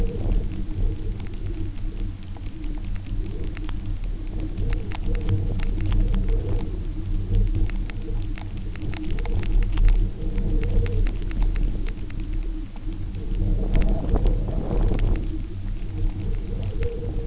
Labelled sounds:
none

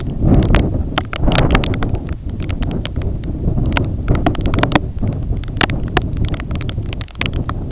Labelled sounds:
none

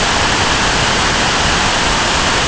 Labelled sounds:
none

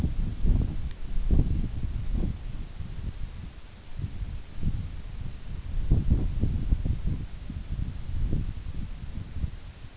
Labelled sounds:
none

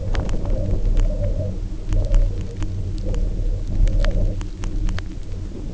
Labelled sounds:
none

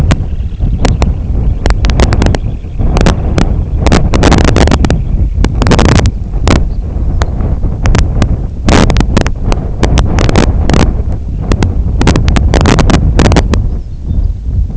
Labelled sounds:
Semipalmated Sandpiper (Calidris pusilla), unidentified sound, Lapland Longspur (Calcarius lapponicus)

